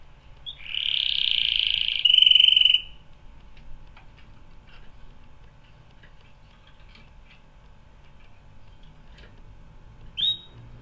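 Canary song: a bright, even trill shifting to a harsher buzzy trill, about two seconds in all, then near silence with one short note at the end.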